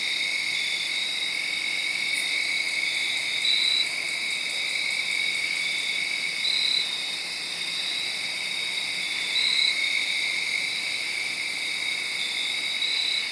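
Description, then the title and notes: Crickets in a dense night chorus, unbroken high trilling with a few slightly louder pulses. Made around midnight, late Saturday night into Sunday morning, under a tree in Sharon, Pennsylvania. "Crickets (field recording). late on Saturday night/Sunday morning. The location was in Sharon, Pennsylvania, under a tree. around 12:00 in the morning"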